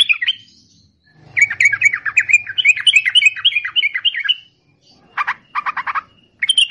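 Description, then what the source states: Yellow-vented bulbul song, a rapid bubbling chatter of short warbled notes, then a pause and a few harsher burry bursts. Masteran song with long ropel (extended chattering).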